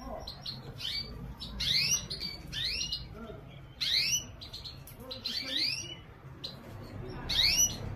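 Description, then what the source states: Canary giving bright upslurred chirps at uneven intervals, some doubled, against a soft low hum. Female.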